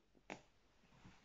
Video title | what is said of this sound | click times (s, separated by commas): Montage Canne Casting | entendu le petit clac? Hop, | 0.3 s